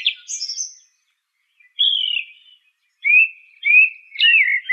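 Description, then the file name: Song thrush song: clear whistled phrases separated by pauses, the later ones coming in quicker succession. "suara kicauan burung song thrush. omkicau"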